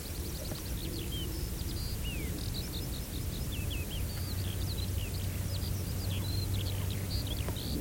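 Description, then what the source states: Eurasian skylark song, a continuous stream of fast twittering, trilling and slurred whistled notes over a steady low rumble. Two birds singing and flying very high in early spring in the Netherlands; skylark song said to simply belong to the Dutch landscape.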